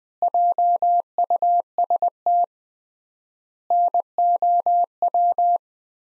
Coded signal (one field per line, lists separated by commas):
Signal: Morse code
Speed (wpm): 20 wpm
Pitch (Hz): 700 Hz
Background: none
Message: JUST NOW